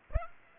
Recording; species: mosquito wingbeat signal from an infrared sensor; Aedes aegypti